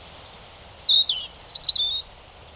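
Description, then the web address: European robin song, a short phrase of high thin warbling notes with sliding whistles and quick trills, lasting about a second, over faint low hum. "Deverinetal 2025 File origin Bird Only Er Ru"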